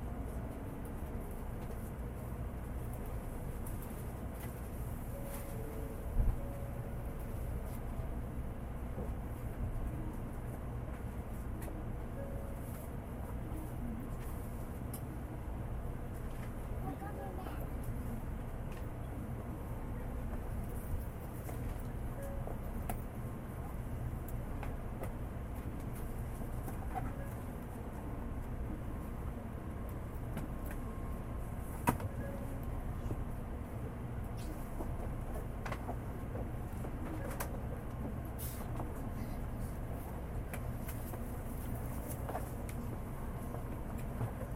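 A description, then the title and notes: A city train rumbles steadily with a dense low drone, scattered clicks and squeaks, and sharp knocks near six and thirty-two seconds. CITY TRAIN AMBIENT SOUND.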